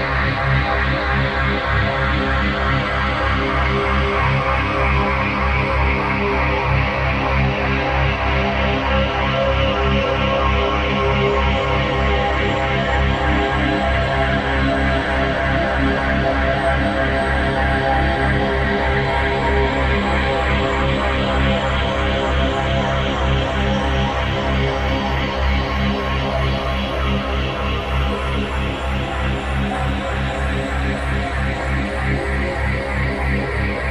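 A full-spectrum binaural tone rests on a deep 65.4 Hz hum, pulsing steadily at about 3.2 Hz under dense, slowly shifting hiss.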